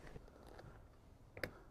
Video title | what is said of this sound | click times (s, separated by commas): Forza 750 ft Forza 350 - First Ride and Review - 4K | ah there's an audible click and it literally just lifts up | 1.4 s